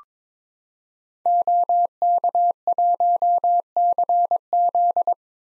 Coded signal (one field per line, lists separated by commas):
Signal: Morse code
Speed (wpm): 22 wpm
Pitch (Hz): 700 Hz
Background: none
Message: OK1CZ